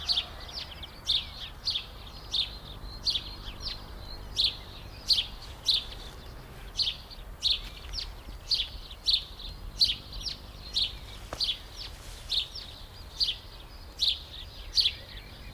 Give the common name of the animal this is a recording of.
House Sparrow